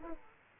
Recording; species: mosquito wingbeat signal from an infrared sensor; Aedes aegypti